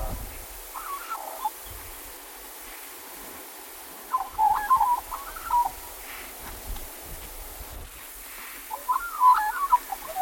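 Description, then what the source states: Australian magpie song in three short bursts of liquid, gurgling notes, several seconds apart, over a low background hiss. Black-backed form of the Australian magpie.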